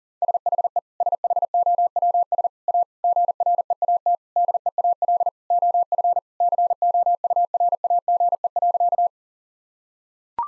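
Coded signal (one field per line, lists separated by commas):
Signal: Morse code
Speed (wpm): 40 wpm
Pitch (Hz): 700 Hz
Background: none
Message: SHE SHOWS A GREAT DEAL OF COURAGE.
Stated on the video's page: Morse code practice sentences for head-copy at 40 wpm.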